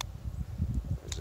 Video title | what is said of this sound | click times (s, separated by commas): Coyote and Bobcat sets, first night catch | bring my trap down a night latch there's a click | 0.0 s